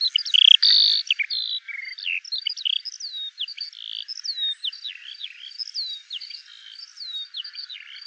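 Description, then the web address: Eurasian skylark with rapid, varied high warbling chirps and short whistled slurs, tumbling continuously, with a louder burst of notes near the start. "alauda arvensis call"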